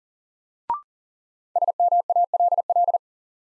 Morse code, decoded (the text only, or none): SMALL